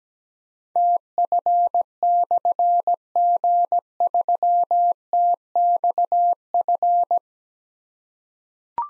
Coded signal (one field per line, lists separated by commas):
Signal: Morse code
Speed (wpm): 17 wpm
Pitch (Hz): 700 Hz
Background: none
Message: TF/G3TXF